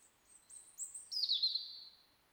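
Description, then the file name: European robin song: a thin, very high whistled phrase of quick notes, then a bright descending trilled flourish, with a faint hiss behind. "Erithacus rubecula"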